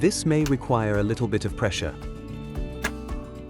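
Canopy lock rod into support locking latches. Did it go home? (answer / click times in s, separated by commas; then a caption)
yes / 2.8 s. Someone talks over music while the canopy lock/unlock rod of a STIHL iMOW robotic lawn mower sun canopy is pushed into the support's locking latches with a little pressure. A single sharp, loud click is heard at 2.9 s as the rod seats in the latches.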